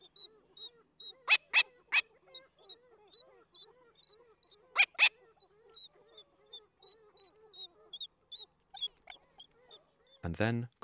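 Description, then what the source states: Black-legged Kittiwake calls: thin high begging notes throughout, broken by two bursts of loud harsh coughs, then a rough noisy rustle at the very end. Female soliciting before copulation with long sequences of high-pitched food-begging calls; male gives loud coughing calls while shaking his head.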